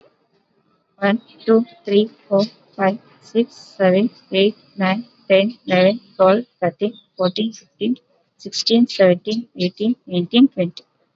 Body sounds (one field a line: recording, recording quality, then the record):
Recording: counting at a normal pace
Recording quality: excellent, no background noise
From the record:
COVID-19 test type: RT-PCR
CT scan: not taken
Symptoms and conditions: none ticked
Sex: female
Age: 27 years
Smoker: no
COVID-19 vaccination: both doses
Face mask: worn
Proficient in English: yes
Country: India